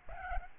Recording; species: mosquito wingbeat signal from an infrared sensor; Aedes albopictus